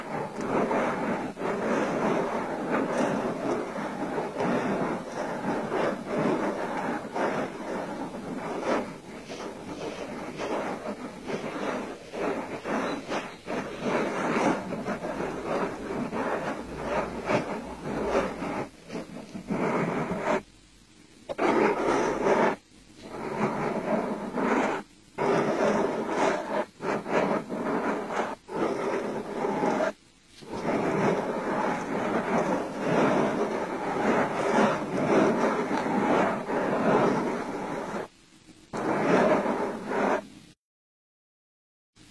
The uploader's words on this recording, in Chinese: 双声道。擦拭眼睛刀刮脏东西 滴眼药水按摩眼部。